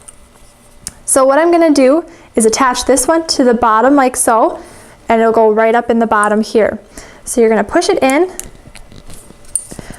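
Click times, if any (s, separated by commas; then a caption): 9.6 s. A curved frame piece of a Badger Basket 17900 Royal Pavillion round doll crib is pushed into the bottom base section while someone talks. It snaps into place with a sharp click at 9.6 seconds, seated once it can't go any further.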